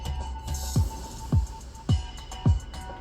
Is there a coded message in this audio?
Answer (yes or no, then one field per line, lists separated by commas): no